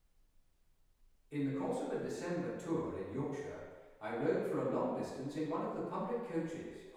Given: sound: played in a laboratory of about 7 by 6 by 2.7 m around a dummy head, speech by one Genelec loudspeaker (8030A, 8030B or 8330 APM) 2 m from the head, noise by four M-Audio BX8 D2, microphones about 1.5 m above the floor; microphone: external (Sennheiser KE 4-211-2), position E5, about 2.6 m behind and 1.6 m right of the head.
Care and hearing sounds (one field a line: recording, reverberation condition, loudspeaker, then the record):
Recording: male speech in English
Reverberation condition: high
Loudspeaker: in front (0 degrees)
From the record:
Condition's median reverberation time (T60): about 1300 ms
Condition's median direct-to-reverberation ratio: about -4.0 dB